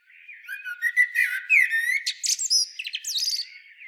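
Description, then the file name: Common blackbird in continuous song, mixed whistled notes and high twittering. "Turdus merula"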